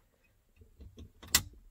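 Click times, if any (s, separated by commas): 1.4 s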